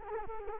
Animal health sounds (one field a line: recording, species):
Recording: mosquito wingbeat signal from an infrared sensor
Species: Culex quinquefasciatus